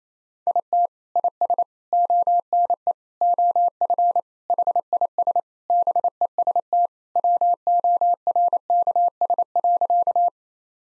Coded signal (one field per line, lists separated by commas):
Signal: Morse code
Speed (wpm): 27 wpm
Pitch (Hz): 700 Hz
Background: none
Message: IT IS ONE OF HIS BEST WORKS.